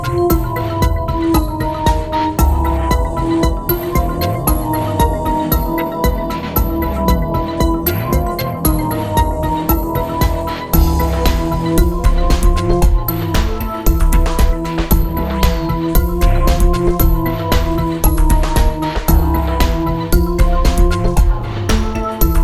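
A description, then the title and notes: Binaural beats: a steady, dense drone of layered low tones with slowly sweeping pitches underneath and faint flickering clicks above, unbroken throughout. Binaural beats.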